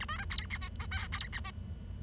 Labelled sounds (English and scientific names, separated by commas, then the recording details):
Bengalese Finch (Lonchura striata domestica) song
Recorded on 23 June 2012 at 08:46
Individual gr41rd51